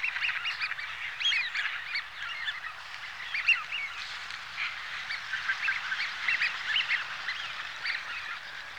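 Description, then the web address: Eurasian wigeon flock calling: a dense chorus of overlapping whistled notes and chatter, steady throughout with louder bursts. Large flock. "BBC Sound Effects Library. Wigeon (Anas Penelope)"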